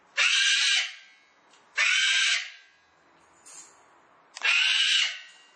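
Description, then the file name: Cockatoo giving three harsh, grating screeches of similar length, with a brief thin squeak between the second and third. "cacatua"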